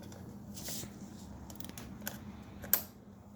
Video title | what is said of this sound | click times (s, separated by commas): C7 Corvette Carbon Fiber engine cover installation | This one slides up underneath and snaps right in. | 2.7 s